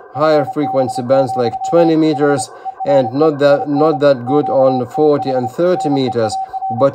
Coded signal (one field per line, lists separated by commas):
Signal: Morse code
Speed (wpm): 28 wpm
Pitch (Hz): 780 Hz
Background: speech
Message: FB, HERE IN QTH NEAR